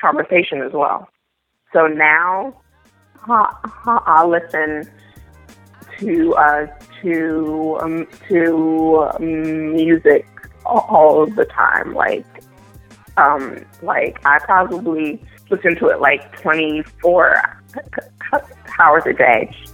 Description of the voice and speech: A young woman with a stutter. She can rap and sing with no hint of her stutter.